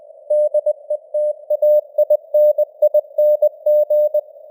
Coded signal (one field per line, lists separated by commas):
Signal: Morse code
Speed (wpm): 20 wpm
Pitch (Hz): 600 Hz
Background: none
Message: DETAINING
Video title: Morse Code News | 2025-12-20 | 20wpm